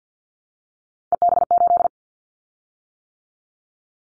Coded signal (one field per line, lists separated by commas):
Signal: Morse code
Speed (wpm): 48 wpm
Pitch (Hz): 700 Hz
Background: none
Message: EB8